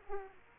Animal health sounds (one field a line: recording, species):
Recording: mosquito wingbeat signal from an infrared sensor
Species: Aedes aegypti